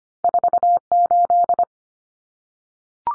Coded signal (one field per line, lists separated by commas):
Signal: Morse code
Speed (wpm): 25 wpm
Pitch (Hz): 700 Hz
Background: none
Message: 48